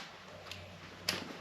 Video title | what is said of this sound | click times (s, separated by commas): 85 FoxBody Mustang Notch Back Build EP 48 (Terminator X Wiring Begins) | and you hear snap | 1.1 s